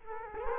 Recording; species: mosquito wingbeat signal from an infrared sensor; Culex quinquefasciatus